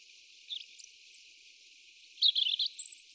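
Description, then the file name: European robin giving a brief high note, then after a pause a fast cluster of thin, twittering notes and scattered faint high whistles. "Erithacus rubecula"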